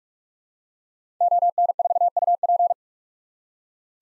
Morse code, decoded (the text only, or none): ON4UP